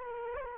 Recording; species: mosquito wingbeat signal from an infrared sensor; Culex quinquefasciatus